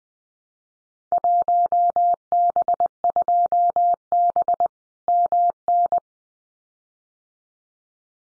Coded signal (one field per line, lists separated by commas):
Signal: Morse code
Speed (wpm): 20 wpm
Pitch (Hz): 700 Hz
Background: none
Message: 1B2B MN